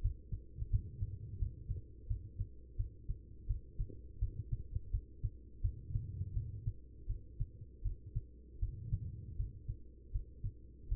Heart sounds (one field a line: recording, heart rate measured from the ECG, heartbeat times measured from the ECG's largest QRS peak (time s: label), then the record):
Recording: heart sounds by stethoscope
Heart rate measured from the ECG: 83 bpm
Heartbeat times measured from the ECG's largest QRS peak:
0.01 s: heartbeat
0.70 s: heartbeat
1.38 s: heartbeat
2.07 s: heartbeat
2.76 s: heartbeat
3.46 s: heartbeat
4.19 s: heartbeat
4.91 s: heartbeat
5.61 s: heartbeat
6.33 s: heartbeat
7.07 s: heartbeat
7.82 s: heartbeat
8.59 s: heartbeat
9.36 s: heartbeat
10.11 s: heartbeat
10.88 s: heartbeat
From the record:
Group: healthy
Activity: rest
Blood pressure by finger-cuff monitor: 125/79 mmHg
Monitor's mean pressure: 96 mmHg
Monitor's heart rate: 83 bpm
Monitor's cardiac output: 5.9 L/min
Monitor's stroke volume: 70 mL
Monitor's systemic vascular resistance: 1200 dyn s/cm5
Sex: female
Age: 43 years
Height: 160 cm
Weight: 90 kg